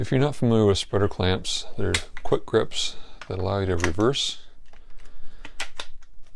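Someone talks while handling a quick-grip clamp, reversing its jaw to clip it back onto the bar and turn the clamp into a spreader. A few short, sharp handling knocks come near the end, around 5.5 to 5.8 seconds. The jaw has not yet clipped into place, and nothing has seated.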